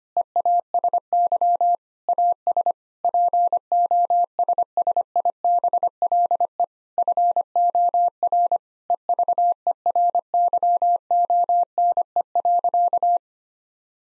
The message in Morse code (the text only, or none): EASY AS POSSIBLE FOR EVERYONE.